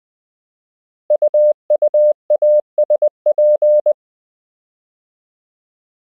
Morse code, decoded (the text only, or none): UUASP